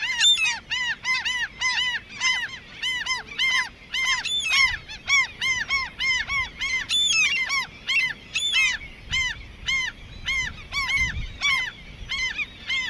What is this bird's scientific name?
Larus canus